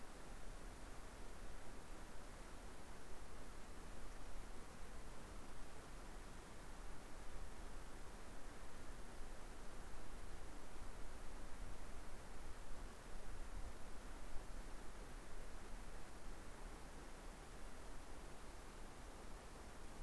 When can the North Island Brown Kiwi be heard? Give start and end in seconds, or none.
none